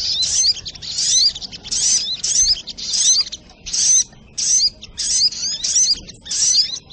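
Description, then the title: Spiderhunter giving shrill, chattering phrases of falling notes in a steady run of bursts with short gaps, sharp and high-pitched throughout. Training audio (masteran); labelled Labaik. "Sogok Ontong Labaik"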